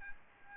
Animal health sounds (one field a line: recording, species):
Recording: mosquito wingbeat signal from an infrared sensor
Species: Aedes albopictus